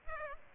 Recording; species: mosquito wingbeat signal from an infrared sensor; Aedes aegypti